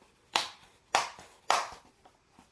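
A Dell Latitude 3480 laptop's plastic bottom cover is pressed again after reassembly so that corners or sections that didn't snap in catch in the chassis. Three sharp snaps sound at 0.4 s, 1.0 s and 1.5 s, each decaying quickly, with quieter faint taps in between. The cover's clips seat into place.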